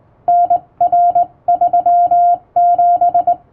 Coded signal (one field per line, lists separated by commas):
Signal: Morse code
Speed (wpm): 20 wpm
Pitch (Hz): 700 Hz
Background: music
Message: NR37